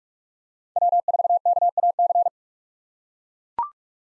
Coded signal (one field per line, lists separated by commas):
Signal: Morse code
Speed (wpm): 43 wpm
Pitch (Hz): 700 Hz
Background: none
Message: W4KAC